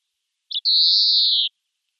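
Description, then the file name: European greenfinch call: a brief sharp note, then one long buzzy, nasal wheeze held steady for nearly a second, with nothing else audible. "Chloris chloris"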